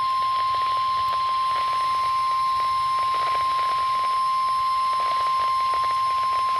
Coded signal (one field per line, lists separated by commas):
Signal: Emergency Alert System (SAME) tones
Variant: 1050 Hz attention tone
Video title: Severe Thunderstorm Warning - EAS #488